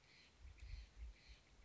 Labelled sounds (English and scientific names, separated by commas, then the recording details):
Steller's Jay (Cyanocitta stelleri)
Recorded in Sonoma County, California